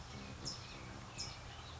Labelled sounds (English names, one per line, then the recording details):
California Towhee
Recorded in Sonoma County, California